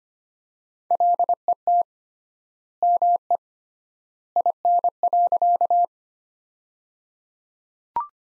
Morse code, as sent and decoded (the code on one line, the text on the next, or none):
.-.. . - / -- . / .. -. .-.-.-
LET ME IN.